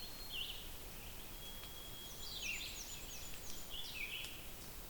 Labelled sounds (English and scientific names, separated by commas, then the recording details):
Red-eyed Vireo (Vireo olivaceus) song
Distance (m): 60 m
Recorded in boreal forest in Alberta, Canada, on 5 June 2016 at 06:39
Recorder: SongMeter 3, array SBT-3-51
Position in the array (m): 181 m, 99 m